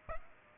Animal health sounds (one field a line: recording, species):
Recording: mosquito wingbeat signal from an infrared sensor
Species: Aedes aegypti